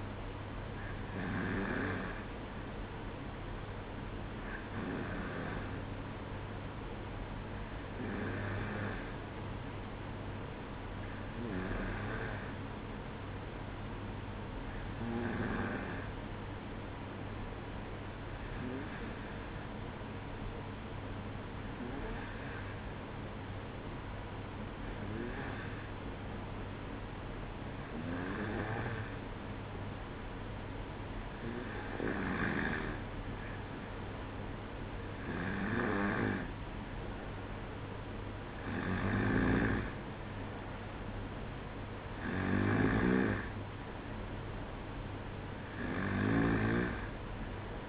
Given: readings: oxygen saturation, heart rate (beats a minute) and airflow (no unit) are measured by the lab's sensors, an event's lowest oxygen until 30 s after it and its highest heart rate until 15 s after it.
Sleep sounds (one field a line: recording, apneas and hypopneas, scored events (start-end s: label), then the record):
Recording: breathing in sleep by a voice recorder at the bedside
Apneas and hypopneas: none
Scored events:
none scored
From the record:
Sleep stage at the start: N2 (light sleep)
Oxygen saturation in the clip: 93 to 95%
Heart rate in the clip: 61 to 64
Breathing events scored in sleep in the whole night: 305 in 9.6 hours asleep